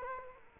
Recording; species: mosquito wingbeat signal from an infrared sensor; Culex quinquefasciatus